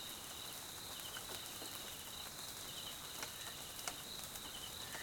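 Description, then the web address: Crickets chirping steadily in a dense chorus, with a high continuous trill and short pulsed bursts, over soft patter of rain and scattered drips. South African crickets recorded at night in jungle at Mkhaya, Swaziland, during rain; background ambience. "Tonschliff - SOUTH AFRICAN CRICKETS BG Swaziland Mkhaya Jungle Night Rain"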